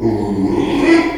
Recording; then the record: squeal of a Yucatan mini pig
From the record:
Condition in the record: after surgery on the right vocal fold (resection and tissue-engineered implant); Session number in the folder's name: 2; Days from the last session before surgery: 13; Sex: male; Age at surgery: 12 weeks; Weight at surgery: 13 kg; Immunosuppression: cyclosporine, prednisolone